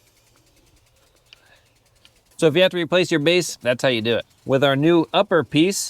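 On a 2013-2021 Chevy Trax, a retaining clip is pushed back into the heater hose connector at the thermostat housing. The clip goes in after the connector base has been pushed down with its new O-ring, during a coolant leak heater hose repair. A sharp click at 1.3 s and a softer one at 2.1 s show the clip seating, and then someone talks.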